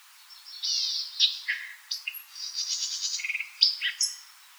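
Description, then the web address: White-eyed Vireo singing a single quick, jumbled phrase of buzzy notes, clipped whistles and a fast rattling stretch, ending in two sharp high notes. Recorded 4 January 2007. "White-eyed Vireo 2007 01 04"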